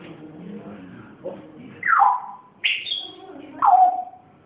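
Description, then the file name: Grey parrot giving three loud whistled notes, the first and last sliding downward, after a soft low murmur. Pet grey parrot named Zoro; its first sounds. "moy zoro zhako popugay pervye zvuki"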